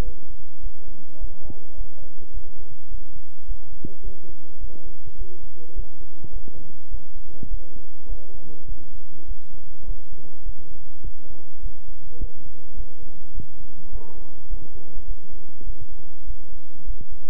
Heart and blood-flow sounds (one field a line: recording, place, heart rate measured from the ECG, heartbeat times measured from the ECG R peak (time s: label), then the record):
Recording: heart sounds by stethoscope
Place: between the tricuspid and mitral areas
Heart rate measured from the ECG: 103 bpm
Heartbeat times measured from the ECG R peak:
0.03 s: heartbeat
0.61 s: heartbeat
1.18 s: heartbeat
1.75 s: heartbeat
2.32 s: heartbeat
2.89 s: heartbeat
3.46 s: heartbeat
4.02 s: heartbeat
4.59 s: heartbeat
5.16 s: heartbeat
5.74 s: heartbeat
6.31 s: heartbeat
6.89 s: heartbeat
7.48 s: heartbeat
8.07 s: heartbeat
8.67 s: heartbeat
9.26 s: heartbeat
9.85 s: heartbeat
10.44 s: heartbeat
11.02 s: heartbeat
11.61 s: heartbeat
12.18 s: heartbeat
12.75 s: heartbeat
13.32 s: heartbeat
13.90 s: heartbeat
14.48 s: heartbeat
15.06 s: heartbeat
15.65 s: heartbeat
16.25 s: heartbeat
16.85 s: heartbeat
From the record:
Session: bicycle stress test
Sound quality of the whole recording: good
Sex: male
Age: 26 years